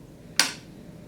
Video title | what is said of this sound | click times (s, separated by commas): How to Thoroughly Sanitize Bib Connectors | and pull it all the way out until you hear that that audible click that i just made | 0.4 s